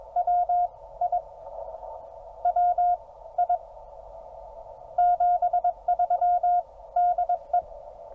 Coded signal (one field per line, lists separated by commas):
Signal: Morse code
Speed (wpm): 18 wpm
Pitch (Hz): 690 Hz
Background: none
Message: WI WI 73 DE